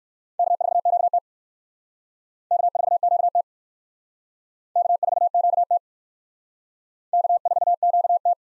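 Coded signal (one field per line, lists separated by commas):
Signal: Morse code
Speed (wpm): 54 wpm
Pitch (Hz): 700 Hz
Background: none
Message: K4QT K4QT K4QT K4QT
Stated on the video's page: Morse practice of USA 1x2 call signs, starting fast and slowing to a base speed; fastest is 1.5 times slowest, with a final repeat at maximum speed.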